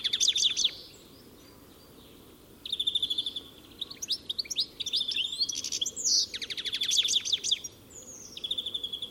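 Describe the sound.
Bird chattering: a short burst of high notes, a quiet pause of almost two seconds, then sustained twittering and rapid repeated chirps.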